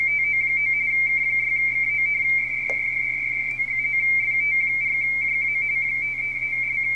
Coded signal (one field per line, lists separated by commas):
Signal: RTTY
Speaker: We're currently looking at a RTTY pileup on 30 meters for Fox Tango 4 Japan Alpha from Wanda Nova. And this is a mess.